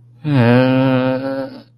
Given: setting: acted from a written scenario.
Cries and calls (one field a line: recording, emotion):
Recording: vocal sound without words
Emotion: shame